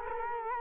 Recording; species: mosquito wingbeat signal from an infrared sensor; Culex quinquefasciatus